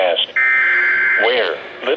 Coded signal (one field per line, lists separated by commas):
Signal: Emergency Alert System (SAME) tones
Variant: header bursts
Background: speech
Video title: EAS/NWR Alert or message #872-873: River Flood Warning #3